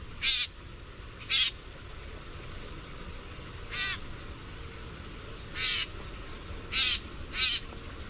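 Common grackle giving six short, harsh, buzzy chack calls at uneven intervals, two close together near the end, over a steady low background hiss.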